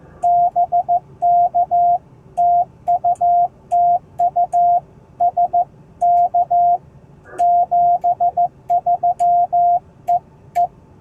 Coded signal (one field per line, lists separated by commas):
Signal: Morse code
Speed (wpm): 16 wpm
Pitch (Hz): 690 Hz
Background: radio noise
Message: BK TU TU SK 73 EE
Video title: Successful POTA Activation Down Town Indianapolis!